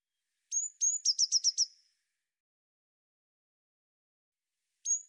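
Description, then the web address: Eurasian blue tit with one full call phrase, two fine whistles and a rapid buzzy trill, then the first whistle of the next phrase near the end. The background is silent. "cianscape birddata Deverinetal 2025 File cleaned normalized Bird Cy Ca"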